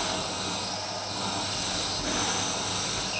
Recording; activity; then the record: daily activity, microphone in the room; vacuum cleaning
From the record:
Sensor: 2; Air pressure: 999.1 hPa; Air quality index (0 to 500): 202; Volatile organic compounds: 31 ppm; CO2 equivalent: 2983 ppm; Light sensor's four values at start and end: 6/14/5/5 and 5/13/5/5